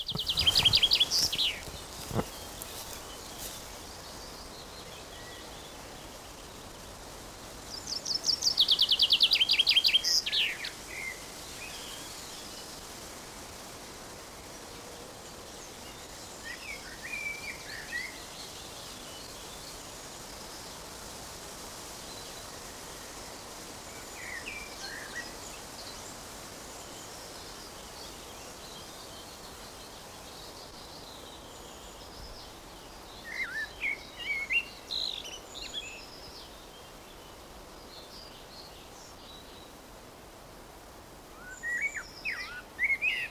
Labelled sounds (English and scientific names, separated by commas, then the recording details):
Common Chaffinch (Fringilla coelebs)
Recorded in the wild
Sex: male
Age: adult
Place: Summt, Brandenburg, DE
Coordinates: 52.687, 13.374
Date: 1992-05-23
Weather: 23-24°C, böiger Wind
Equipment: Nagra SN, Mikrofon AKG CK 8, Kopie Tesla B 116
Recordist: Tembrock, Günter